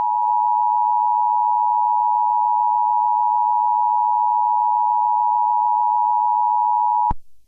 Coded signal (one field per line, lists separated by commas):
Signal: Emergency Alert System (SAME) tones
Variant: 853 and 960 Hz attention tone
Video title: Eas do not download iOS 15